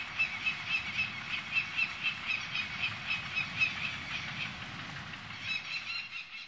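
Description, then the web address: Peregrine falcon giving quick repeated sharp notes in a steady run, over a constant low background rumble. Sakhalin and Kuril Islands. "priroda sakhalina i kuril. Falco peregrinus"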